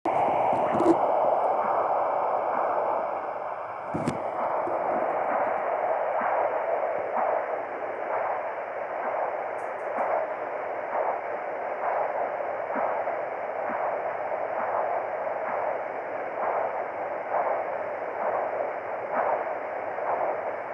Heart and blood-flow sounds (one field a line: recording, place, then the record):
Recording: Doppler ultrasound of blood flow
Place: carotid artery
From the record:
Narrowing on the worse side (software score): occlusion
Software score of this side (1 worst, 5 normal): 1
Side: left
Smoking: never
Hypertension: yes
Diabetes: type 1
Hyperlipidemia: yes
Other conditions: hypertension, arterial regurgitation, cardiomyopathy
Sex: female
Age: 55 years